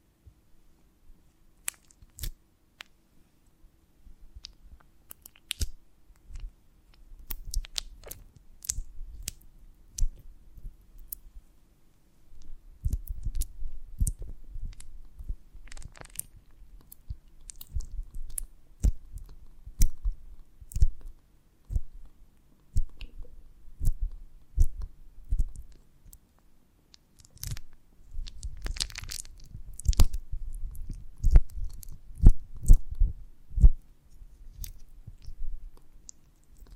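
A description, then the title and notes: Honeycomb on a branch being handled for ASMR, with sharp crackles, snaps and soft waxy squishes scattered irregularly throughout. The sounds come in busy clusters, densest around 13–20 and 28–34 seconds, separated by quieter stretches, over a faint low hum. ASMR of a Honeycomb on Branch (No Talking).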